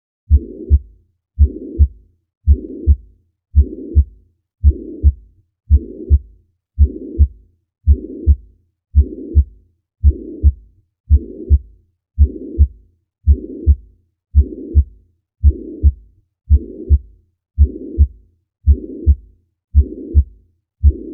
Heart Murmurs: Mitral Regurgitation. Mitral regurgitation: a pansystolic murmur which radiates to the axilla.